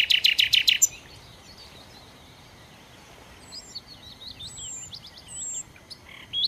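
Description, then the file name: Common nightingale giving a short, loud volley of rapid, repeated notes, followed by soft high twittering. "Nachtigall"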